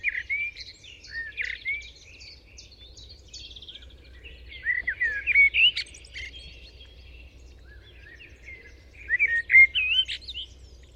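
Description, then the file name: Common blackbird, several bursts of warbled, fluty phrases with scratchy high twitters mixed in, separated by quiet gaps. "Turdus merula"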